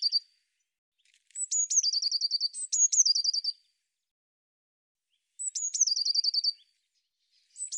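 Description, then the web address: Bird song with high thin notes leading into quick repeated trills, in several phrases with a long quiet gap between them. "cianscape birddata Deverinetal 2025 File cleaned normalized Bird Cy Ca"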